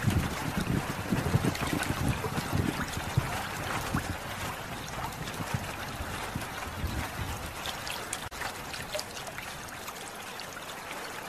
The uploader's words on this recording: Meditation with Water Sounds.